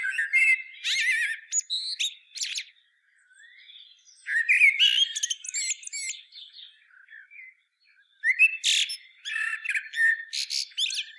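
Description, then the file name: Common blackbird pouring out continuous fluty warbles mixed with high squeaks and chatter, pausing briefly between bursts. "Turdus merula"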